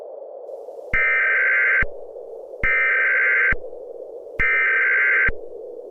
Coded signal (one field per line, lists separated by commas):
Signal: Emergency Alert System (SAME) tones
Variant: header bursts